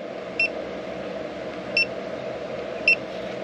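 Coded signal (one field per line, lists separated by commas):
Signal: none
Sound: multimeter button beeps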